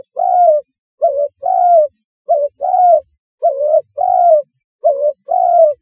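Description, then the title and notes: Spotted dove cooing: low hoarse coos in a repeated pattern of short and longer notes, steady and clear with a quiet background. "Tekukur. Kicau Burung"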